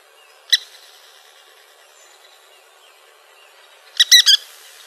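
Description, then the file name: Western kingbird calls: one sharp kip note, a pause of over three seconds, then a quick stuttered burst of several harsh notes. Calls, recorded in Arizona. "WEKI CALLS deviche"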